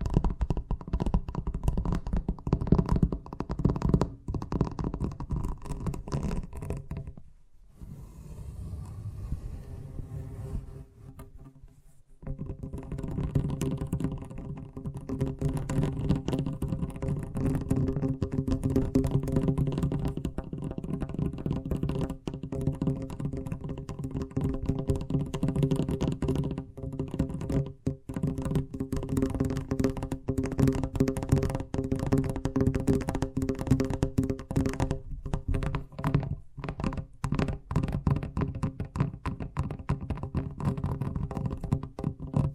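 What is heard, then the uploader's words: Fast tapping runs almost without pause, a dense stream of quick, fairly even hits with a heavy low thud under them. The rhythm thins and softens briefly around 7 to 12 seconds, then returns full and steady through to the end. ASMR Braingasm Inducing Fast Tapping (No Talking).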